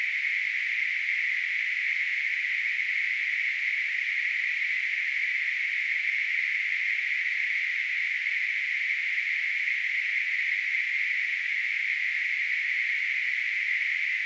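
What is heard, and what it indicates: Simulated tinnitus: a steady, continuous hiss of band-limited noise centred around 2 kHz, holding an even level for the whole clip with no low-frequency content.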